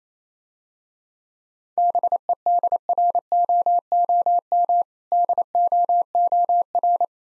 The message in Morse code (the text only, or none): BEDROOM DOOR